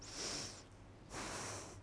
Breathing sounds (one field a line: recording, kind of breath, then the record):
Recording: one breath in and out by a microphone near the nose and mouth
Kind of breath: deep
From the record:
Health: marked as sick, illness not named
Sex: female